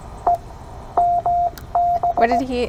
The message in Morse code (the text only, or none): EMB